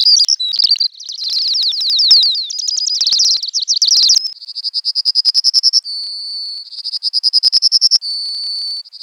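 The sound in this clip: Bird song, fast high twittering phrases followed by runs of rapid repeated notes and two steady whistled tones.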